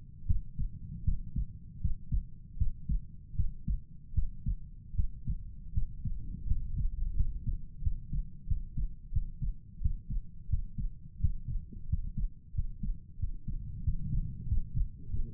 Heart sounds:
heart sounds by stethoscope; 85 bpm
0.26 s: heartbeat
1.04 s: heartbeat
1.80 s: heartbeat
2.57 s: heartbeat
3.35 s: heartbeat
4.14 s: heartbeat
4.95 s: heartbeat
5.73 s: heartbeat
6.46 s: heartbeat
7.15 s: heartbeat
7.82 s: heartbeat
8.47 s: heartbeat
9.12 s: heartbeat
9.81 s: heartbeat
10.49 s: heartbeat
11.20 s: heartbeat
11.88 s: heartbeat
12.54 s: heartbeat
13.19 s: heartbeat
13.83 s: heartbeat
14.47 s: heartbeat
15.09 s: heartbeat
From the record:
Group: healthy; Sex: male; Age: 35 years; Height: 178 cm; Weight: 64 kg

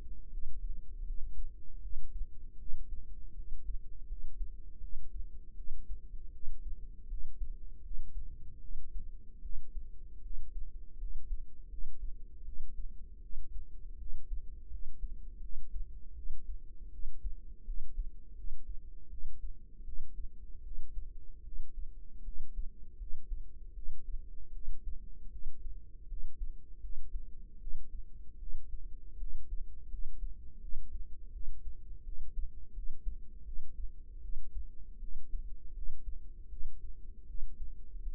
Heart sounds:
heart sounds by microphone in the right ear; 80 bpm
0.29 s: heartbeat
1.03 s: heartbeat
1.80 s: heartbeat
2.56 s: heartbeat
3.33 s: heartbeat
4.06 s: heartbeat
4.79 s: heartbeat
5.54 s: heartbeat
6.30 s: heartbeat
7.06 s: heartbeat
7.80 s: heartbeat
8.59 s: heartbeat
9.40 s: heartbeat
10.20 s: heartbeat
10.96 s: heartbeat
11.67 s: heartbeat
12.43 s: heartbeat
13.19 s: heartbeat
13.96 s: heartbeat
14.68 s: heartbeat
15.39 s: heartbeat
16.13 s: heartbeat
16.89 s: heartbeat
17.63 s: heartbeat
18.33 s: heartbeat
19.08 s: heartbeat
19.83 s: heartbeat
20.61 s: heartbeat
21.42 s: heartbeat
22.22 s: heartbeat
22.96 s: heartbeat
23.72 s: heartbeat
24.50 s: heartbeat
25.28 s: heartbeat
26.06 s: heartbeat
26.79 s: heartbeat
27.57 s: heartbeat
28.37 s: heartbeat
29.16 s: heartbeat
29.88 s: heartbeat
30.59 s: heartbeat
31.30 s: heartbeat
32.02 s: heartbeat
32.72 s: heartbeat
33.43 s: heartbeat
34.19 s: heartbeat
34.98 s: heartbeat
35.72 s: heartbeat
36.47 s: heartbeat
37.25 s: heartbeat
38.01 s: heartbeat
From the record:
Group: healthy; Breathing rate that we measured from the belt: 18 breaths a minute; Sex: female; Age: 19 years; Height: 163 cm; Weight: 48.9 kg

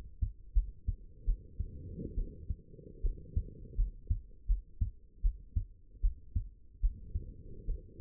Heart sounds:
heart sounds by stethoscope; 76 bpm
0.54 s: heartbeat
1.25 s: heartbeat
2.16 s: heartbeat
3.02 s: heartbeat
3.76 s: heartbeat
4.47 s: heartbeat
5.22 s: heartbeat
6.01 s: heartbeat
6.81 s: heartbeat
7.66 s: heartbeat
From the record:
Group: healthy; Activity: rest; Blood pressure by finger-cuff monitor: 80/45 mmHg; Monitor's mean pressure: 61 mmHg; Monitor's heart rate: 76 bpm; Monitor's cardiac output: 7.8 L/min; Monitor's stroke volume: 104 mL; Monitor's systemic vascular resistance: 570 dyn s/cm5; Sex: female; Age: 22 years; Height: 161 cm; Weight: 65.5 kg

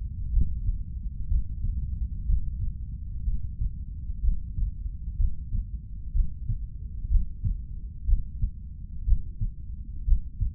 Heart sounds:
heart sounds by stethoscope; 62 bpm
0.31 s: heartbeat
1.28 s: heartbeat
2.26 s: heartbeat
3.24 s: heartbeat
4.21 s: heartbeat
5.17 s: heartbeat
6.13 s: heartbeat
7.09 s: heartbeat
8.06 s: heartbeat
9.05 s: heartbeat
10.05 s: heartbeat
From the record:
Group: healthy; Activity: breath hold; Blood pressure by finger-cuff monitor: 122/84 mmHg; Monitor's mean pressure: 95 mmHg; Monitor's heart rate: 62 bpm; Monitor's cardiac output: 3.2 L/min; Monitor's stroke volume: 52 mL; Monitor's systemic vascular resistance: 2250 dyn s/cm5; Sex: male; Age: 55 years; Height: 167 cm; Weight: 57.2 kg

